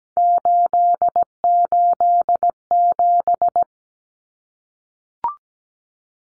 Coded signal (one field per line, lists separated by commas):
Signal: Morse code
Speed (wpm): 17 wpm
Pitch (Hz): 700 Hz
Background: none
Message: 887